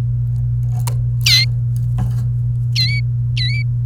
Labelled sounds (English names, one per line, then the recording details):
Domestic Canary song
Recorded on 28 April 2018 at 09:42
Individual llb3